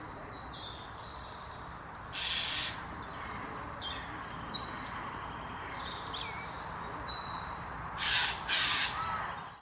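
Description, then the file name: Eurasian jay giving two harsh, rasping screeches, with high chirps between them. "Garrulus glandarius"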